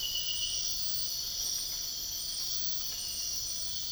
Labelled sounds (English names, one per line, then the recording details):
none
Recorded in dense forest near Puerto Asís, Putumayo, Colombia, on 13 March 2025 at 05:00
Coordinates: 0.484, -76.325
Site G045